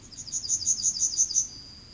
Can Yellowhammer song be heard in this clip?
yes